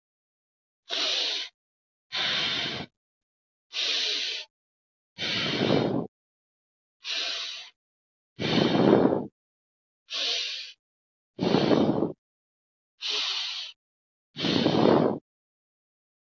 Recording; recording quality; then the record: deep breathing; excellent, no background noise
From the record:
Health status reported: healthy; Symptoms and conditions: none ticked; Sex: female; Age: 26 years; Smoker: not ticked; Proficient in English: yes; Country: India